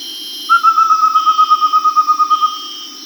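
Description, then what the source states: Amazonian pygmy owl calling a quick, even series of pure whistled notes for about two seconds, set against constant high tones and a faint low rumble. South America.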